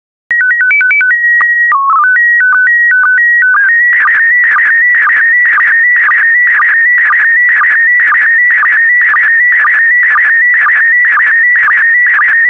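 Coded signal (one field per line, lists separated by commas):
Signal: SSTV (slow-scan television)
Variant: PD 120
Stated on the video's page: SSTV images sent in PD120 mode.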